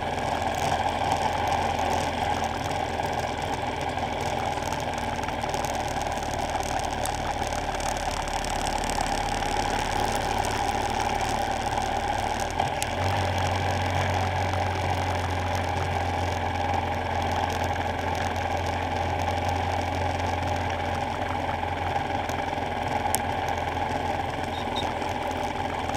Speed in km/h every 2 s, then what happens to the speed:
45, 45, 42, 39, 40, 40, 40, 39, 37, 39, 37, 35, 37.
0-6 slows to 39. 6-26 steady at about 39.